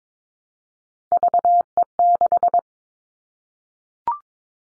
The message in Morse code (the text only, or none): VE6